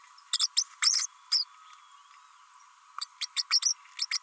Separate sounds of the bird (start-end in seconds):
0.39-0.48, 0.56-0.63, 0.82-1.06, 1.31-1.44, 3.01-3.05, 3.21-3.26, 3.36-3.42, 3.62-3.73, 3.98-4.06, 4.11-4.18